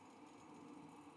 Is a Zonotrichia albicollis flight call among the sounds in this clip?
no